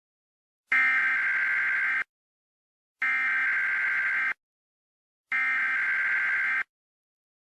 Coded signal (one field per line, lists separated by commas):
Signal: Emergency Alert System (SAME) tones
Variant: header bursts